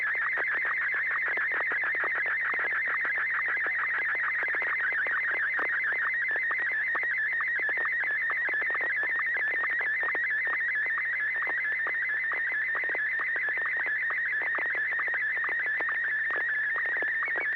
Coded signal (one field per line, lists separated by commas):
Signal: SSTV (slow-scan television)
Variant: Martin 1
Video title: N6NA SSTV Net - 12/31/2025